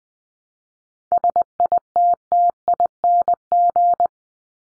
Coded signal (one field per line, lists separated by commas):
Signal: Morse code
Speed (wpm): 20 wpm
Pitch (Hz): 700 Hz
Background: none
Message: SITTING